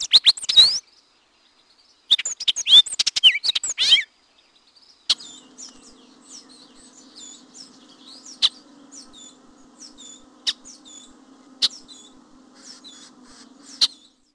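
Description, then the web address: Hooded oriole song, two quick bursts of high chattering whistles and squeaks, then faint scratchy notes with sharp clicks over a low steady hum. "Peterson North American Birds. hoor"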